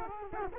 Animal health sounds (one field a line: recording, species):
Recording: mosquito wingbeat signal from an infrared sensor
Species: Culex quinquefasciatus